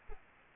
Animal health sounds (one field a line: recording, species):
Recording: mosquito wingbeat signal from an infrared sensor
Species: Aedes albopictus